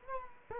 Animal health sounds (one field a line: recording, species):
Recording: mosquito wingbeat signal from an infrared sensor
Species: Culex quinquefasciatus